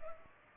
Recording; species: mosquito wingbeat signal from an infrared sensor; Culex pipiens